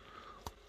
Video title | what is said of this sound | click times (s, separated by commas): Mattel Masters of the Universe Origins Rise of Evil Keldor and Origins Kronis Review | there we go a little satisfying snap and | 0.5 s